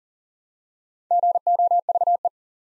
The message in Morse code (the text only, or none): GOVE